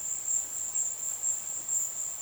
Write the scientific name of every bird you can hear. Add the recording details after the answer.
none. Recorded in dense forest near Puerto Asís, Putumayo, Colombia, on 20 February 2024 at 15:00. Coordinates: 0.502, -76.326. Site G6460